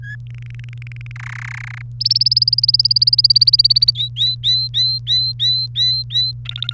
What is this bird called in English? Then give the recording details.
Domestic Canary. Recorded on 1 May 2018 at 16:08. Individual llb3